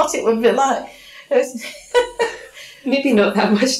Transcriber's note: laughs